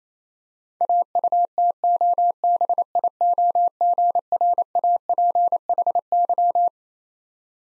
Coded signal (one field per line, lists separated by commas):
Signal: Morse code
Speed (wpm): 27 wpm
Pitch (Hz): 700 Hz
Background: none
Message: AUTOBIOGRAPHY